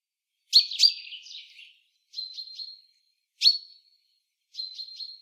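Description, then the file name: Common chaffinch song fragments: a sharp note sliding into a short descending trill, then groups of three quick high notes, repeated with brief pauses in quiet surroundings. "Fringilla coelebs"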